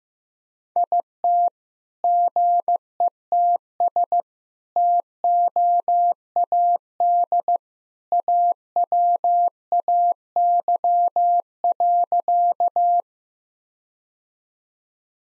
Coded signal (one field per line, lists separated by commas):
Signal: Morse code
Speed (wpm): 15 wpm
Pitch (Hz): 700 Hz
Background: none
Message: IT GETS TOAD AWAY.